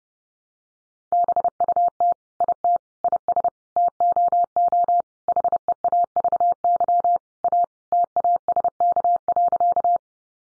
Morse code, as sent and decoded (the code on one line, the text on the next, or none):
-... ..- - / .. - / .. ... / - --- --- / .... . .- ...- -.-- / .- / - .- ... -.- .-.-.-
BUT IT IS TOO HEAVY A TASK.